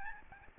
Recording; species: mosquito wingbeat signal from an infrared sensor; Aedes albopictus